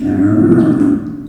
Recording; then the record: squeal of a Yucatan mini pig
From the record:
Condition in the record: after surgery on the right vocal fold (resection and tissue-engineered implant); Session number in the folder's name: 4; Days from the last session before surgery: 26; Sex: female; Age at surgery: 19 weeks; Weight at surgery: 25 kg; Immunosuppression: prednisolone